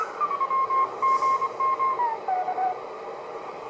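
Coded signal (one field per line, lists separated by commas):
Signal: Morse code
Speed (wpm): 24 wpm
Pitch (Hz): 1070 Hz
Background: radio noise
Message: WGM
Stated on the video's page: Received on a Collins 51J-4 HF receiver.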